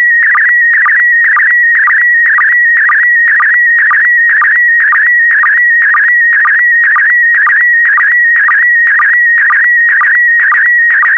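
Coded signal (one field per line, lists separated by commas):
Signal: SSTV (slow-scan television)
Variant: PD120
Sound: steady warbling whistle near 2 kHz with a rhythmic chirp-blip twice per second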